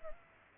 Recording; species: mosquito wingbeat signal from an infrared sensor; Culex pipiens